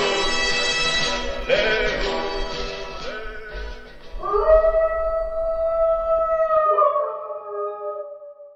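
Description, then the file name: Wolf howl: after a rough, noisy stretch, a sustained, even tone holds for about four seconds before fading. "Les loups"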